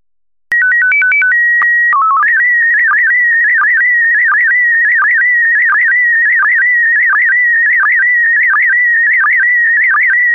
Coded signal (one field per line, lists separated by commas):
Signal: SSTV (slow-scan television)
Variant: PD 90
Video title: Daily Minutes, 7 januari 2019 (LPAM, data: SSTV, DRM)